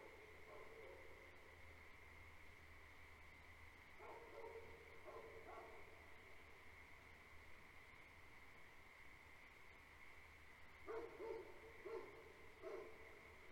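A frog chorus fills the night with a steady, unbroken trill, over a low constant hum. Dogs bark in short clusters, a few barks near the start, a run around four to six seconds, and a louder volley near the end.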